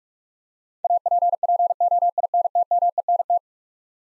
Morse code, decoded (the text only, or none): APPOINTMENT